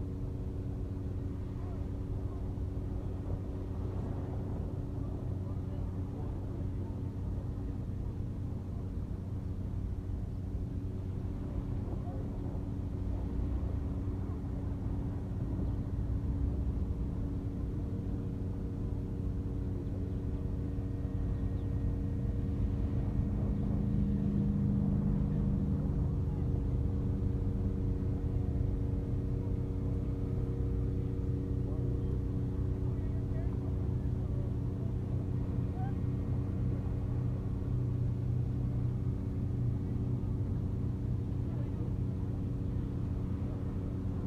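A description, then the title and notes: Beach ambience at Lake Michigan, Grand Haven, dominated by a steady low engine-like hum with a few sustained tones, as from a passing boat or vehicle. The hum swells slightly around the middle. Faint voices are mixed in. AMBIENCE LAKE MICHIGAN BEACH GRAND HAVEN MICHIGAN. AT 4 P.M. RECORDED WITH AN IPHONE SE.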